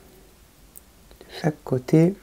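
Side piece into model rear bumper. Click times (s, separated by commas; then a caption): 0.8 s. A left or right plastic side piece is pushed into the rear bumper of a 1/8 scale Citroën 2CV AZLP model, with one piece fitting on each side. A short, sharp click at 0.8 s marks the piece clipping into place, and then someone talks. The piece is seated.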